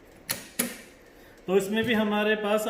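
An attachment is pulled straight out of a powered surgical handpiece to remove it, and it comes free. Two sharp mechanical clicks are heard at 0.3 s and 0.6 s, then someone talks from about 1.5 s onward.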